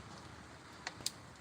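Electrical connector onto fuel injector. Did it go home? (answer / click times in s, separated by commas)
yes / 0.9 s, 1.1 s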